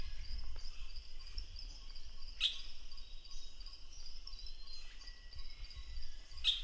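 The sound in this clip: Velvet-mantled drongo giving two brief, bright, piercing notes several seconds apart, set against a constant whining insect chorus and low rumble.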